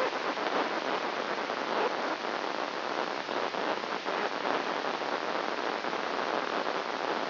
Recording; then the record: brain microelectrode recording played as sound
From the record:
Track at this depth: outside the subthalamic nucleus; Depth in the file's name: 1.406 mm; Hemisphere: right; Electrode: 2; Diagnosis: Parkinson's disease